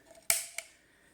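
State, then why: Released. During a JB4 install on a 2020 BMW M8 (F91), the other side of the wire retaining clip on a charge pipe coupling is pulled up and clicks into its raised slot with a sharp metallic click at 0.3 s, followed by a fainter tick at 0.6 s. The groove then sits flush with the top of the pipe, and the clip is released.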